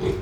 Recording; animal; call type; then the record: contact call of a hoofed animal; pig; closed-mouth grunt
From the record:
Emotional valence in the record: positive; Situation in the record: food and toys in familiar pen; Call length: 0.21 s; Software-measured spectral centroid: 1800 Hz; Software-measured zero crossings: 990 a second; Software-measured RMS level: -25 dBFS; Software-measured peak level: -13 dBFS